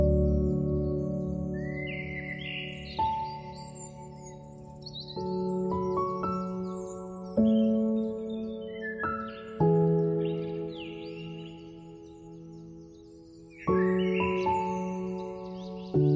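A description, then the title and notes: Soft piano plays slow, sustained chords that change every two to four seconds, each new chord struck at about 3, 5, 7.5, 9 and 14 seconds and left to ring. Bright, quick birdsong chirps and trills run above the piano throughout. Soothing Piano and Peaceful Birds.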